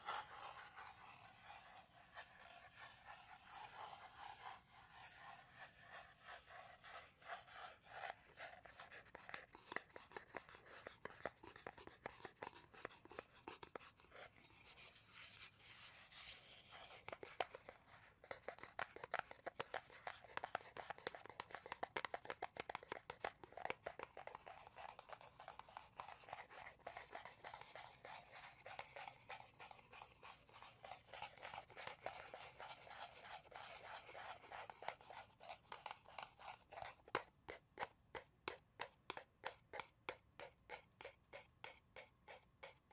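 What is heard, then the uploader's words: Scraping and scratching on a bowl's surface, with dense, rasping strokes that run almost without pause. Sharp taps and clicks are scattered throughout, growing more regular and evenly spaced near the end. The sound sits mostly in the bright middle range, with little low end. Scraping the bottom of the bowl.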